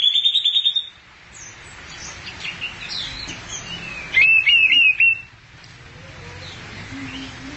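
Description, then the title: Thrush giving a rapid trilled phrase at the start, then a quieter gap of faint chirps, followed by a second loud, fast, wavering whistled phrase. "burung anis x"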